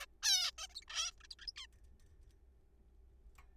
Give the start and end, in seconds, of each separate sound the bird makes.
0.01-0.06, 0.23-0.51, 0.58-0.67, 0.70-0.74, 0.75-0.81, 0.82-0.85, 0.88-1.11, 1.20-1.23, 1.24-1.27, 1.31-1.35, 1.39-1.47, 1.48-1.52, 1.56-1.66